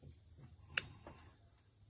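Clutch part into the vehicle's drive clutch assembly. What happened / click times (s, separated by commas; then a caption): The part clicked into place / 0.8 s. During clutch reassembly on a Can-Am Commander 800 side-by-side, a clutch part held between two fingers is worked over its mating parts and pushed home into the drive clutch assembly. A sharp, bright click sounds at 0.8 s, followed by a fainter knock at 1.1 s over a low background hum. The part clicks into place and is seated.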